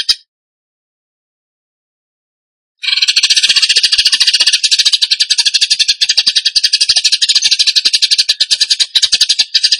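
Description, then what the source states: Bird song: a brief note, then after over two seconds of silence a continuous harsh, buzzy rattle of fast repeated pulses bursts in and keeps going steadily to the end. Masteran (training recording for songbirds) in the gacor tembakan song style.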